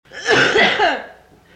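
A single harsh, partly voiced cough burst lasting about a second rises sharply and then fades into quiet room noise. It is a plain isolated cough with no wheeze or repeated spasms.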